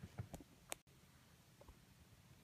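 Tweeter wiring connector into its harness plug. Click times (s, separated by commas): 0.7 s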